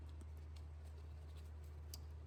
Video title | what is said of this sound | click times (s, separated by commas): (DIY) 2002-2006 Camry Rear Wheel Bearing Replacement (SAVE MONEY!) | Okay, we heard the click. | 1.9 s